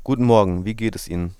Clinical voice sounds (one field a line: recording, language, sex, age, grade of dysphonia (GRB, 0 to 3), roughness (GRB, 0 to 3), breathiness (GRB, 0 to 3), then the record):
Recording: spoken sentence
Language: German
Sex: male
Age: 20 to 29 years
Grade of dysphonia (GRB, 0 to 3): 0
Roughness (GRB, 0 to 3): 0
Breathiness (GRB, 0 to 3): 0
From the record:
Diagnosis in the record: healthy voice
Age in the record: 22 years